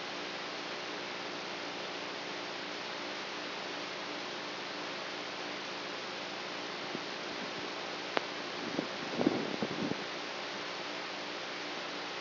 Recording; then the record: brain microelectrode recording played as sound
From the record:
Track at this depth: outside the subthalamic nucleus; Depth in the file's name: 0.314 mm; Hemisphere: right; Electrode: 3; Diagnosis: Parkinson's disease